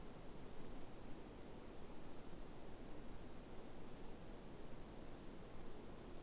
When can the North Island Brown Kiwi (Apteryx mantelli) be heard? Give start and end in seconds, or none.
none